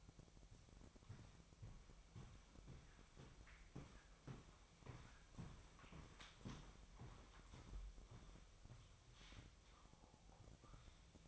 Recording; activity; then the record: daily activity, microphone in the room; walk to room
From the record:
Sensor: 1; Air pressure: 999.4 hPa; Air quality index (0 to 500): 197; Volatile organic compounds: 39 ppm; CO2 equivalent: 3128 ppm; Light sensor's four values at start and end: 9/23/9/10 and 9/23/9/9